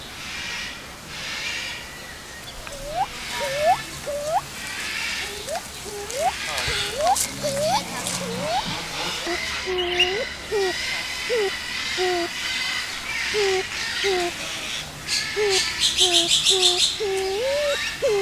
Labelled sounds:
Black Curassow call
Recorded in captivity
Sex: pair
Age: adult
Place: Zoo Berlin, Berlin, DE
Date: 2001-08-14 12:50
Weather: heiter, 24 - 26°C
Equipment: Marantz CP 130, Sennheiser MKH 416, Kopie Uher 4000 Report Monitor
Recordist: Tembrock, Günter

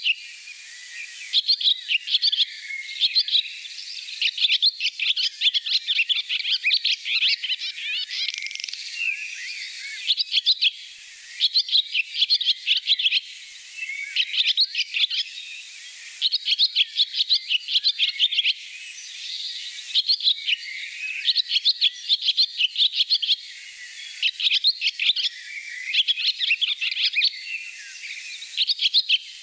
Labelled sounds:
Barn Swallow song
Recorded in the wild
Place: Gottenheim / Freiburg im Breisgau, Baden-Württemberg, DE
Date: 1983-07-03
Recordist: Schwarz, Dieter
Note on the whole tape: Song

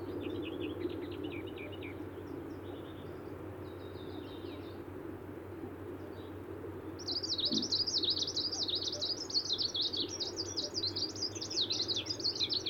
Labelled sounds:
Greenish Warbler song
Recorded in the wild
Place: Dzhalmyn, MN
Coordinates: 48.166, 107.736
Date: 1979-06-10
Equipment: Nagra III BH, Sennheiser MD 21, parabola
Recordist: Schubert, Michael

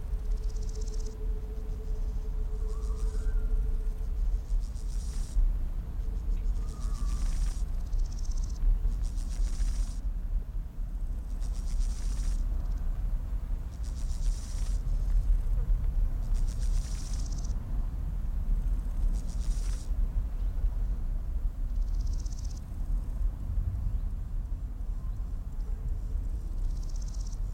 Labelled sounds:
Large Gold Grasshopper stridulation
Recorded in the wild
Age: imago
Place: Mühlenbecker Teiche, Brandenburg, DE
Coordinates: 52.69, 13.394
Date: 1993-08-14 13:20
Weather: 20°C, sonnig
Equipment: Marantz CP 430, Sennheiser ME 80, Kopie Uher Variocord 263
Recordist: Tembrock, Günter

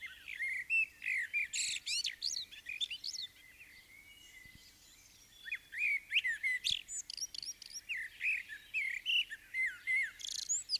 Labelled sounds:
Common Blackbird song
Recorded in the wild
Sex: male
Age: adult
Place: Bielefeld-Mitte, Nordrhein-Westfalen, DE
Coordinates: 52.0081, 8.5475
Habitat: residential district
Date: 1968-06-30
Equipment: Uher 4000 Report-S, Bändchenmikro Beyer M 260, Parabolspiegel Polyester (470 mm)
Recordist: Conrads, Klaus
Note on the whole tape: Bielefeld, Am Tiefen Weg 7. Männchen auf dem Haus: Gesang, einmal Pfeifmotiv mit Endton

